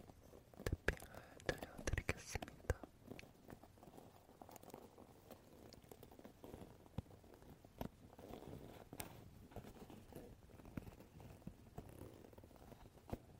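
A wooden brush is tapped and touched, giving sharp clicks scattered irregularly throughout, with a cluster of quick taps near the start and firmer knocks around eight and nine seconds. Between taps, soft rubbing and scratching fills in, with low rumbling underneath.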